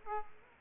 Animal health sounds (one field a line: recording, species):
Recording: mosquito wingbeat signal from an infrared sensor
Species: Aedes aegypti